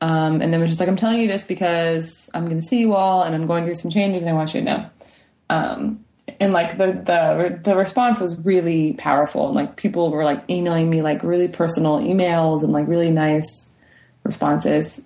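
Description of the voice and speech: An adult woman who stutters speaks in a relaxed, mostly fluent conversational style with many filler words. Brief stuttering moments break through: a stretched sound in "because", a repeated "the-the" with a prolongation, and hesitant "um" pauses. These are mild adult stuttering disfluencies; she is trying to accept her stuttering rather than change it.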